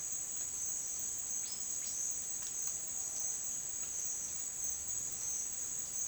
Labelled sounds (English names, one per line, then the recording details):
none
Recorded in dense forest near Puerto Asís, Putumayo, Colombia, on 19 June 2025 at 12:00
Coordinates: 0.466, -76.327
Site GP04